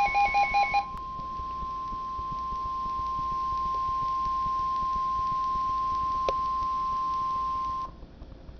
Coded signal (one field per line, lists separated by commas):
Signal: Emergency Alert System (SAME) tones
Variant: 1050 Hz attention tone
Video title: Real NOAA Weather Radio EAS Alert #12